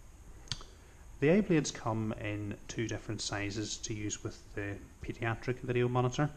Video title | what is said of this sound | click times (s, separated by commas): King Vision Demonstration | this just slips in to the a bleared locks into place and you're ready to go | 0.5 s